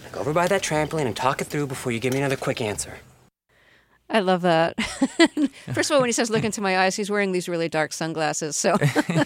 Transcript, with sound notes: Now go over by that trampoline and talk it through before you give me another quick answer.
I love that.
(SOUNDBITE OF LAUGHTER)
First of all when he says look into my eyes, he's wearing these really dark sunglasses